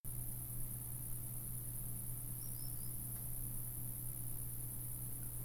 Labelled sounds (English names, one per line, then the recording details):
unidentified animal sound
Common Sandpiper
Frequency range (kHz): Common Sandpiper 4.5-5.8 kHz
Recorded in France